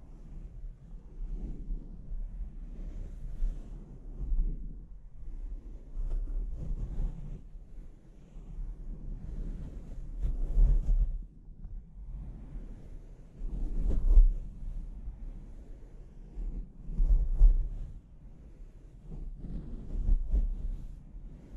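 Microphone scratching: irregular low, muffled rubbing and thumping bursts that swell and fade throughout, with harder scrapes near ten, fourteen and seventeen seconds.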